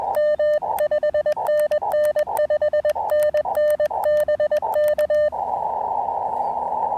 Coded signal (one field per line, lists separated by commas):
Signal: Morse code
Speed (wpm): 21 wpm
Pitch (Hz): 590 Hz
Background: radio noise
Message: M 5NN 5NN BK